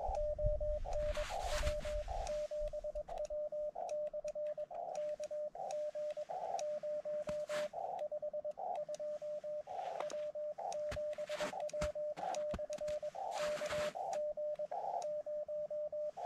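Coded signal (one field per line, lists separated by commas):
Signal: Morse code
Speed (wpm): 21 wpm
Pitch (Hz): 600 Hz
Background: radio noise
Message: ON W7W/KG0 52 W7W/KG0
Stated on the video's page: Summits On The Air activation sharing one rig, hunting summit-to-summit contacts, testing a random wire antenna.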